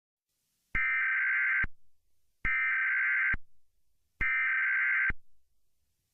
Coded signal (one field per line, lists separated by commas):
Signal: Emergency Alert System (SAME) tones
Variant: header bursts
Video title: EF-NIGHTMARE (A Tornado Outbreak EAS Scenario)